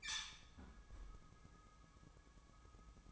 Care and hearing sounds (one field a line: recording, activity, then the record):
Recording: daily activity, microphone in the room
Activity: close fridge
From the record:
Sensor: 1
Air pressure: 1007.7 hPa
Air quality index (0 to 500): 87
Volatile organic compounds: 1 ppm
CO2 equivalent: 750 ppm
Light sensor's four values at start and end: 13/33/13/15 and 14/33/13/15